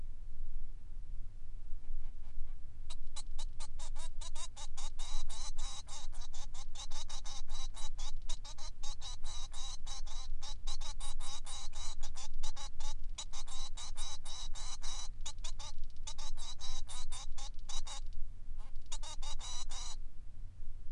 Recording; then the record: song of a male Bengalese finch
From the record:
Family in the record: son of father 3